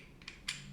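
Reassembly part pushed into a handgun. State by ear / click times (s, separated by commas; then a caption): seated / 0.5 s. During reassembly of a pistol, a part is pressed home into the handgun with four fingers on top and the thumb at the back for leverage. Two faint ticks come at about 0.2 s and 0.3 s, then a sharp click at 0.5 s as the part seats into place.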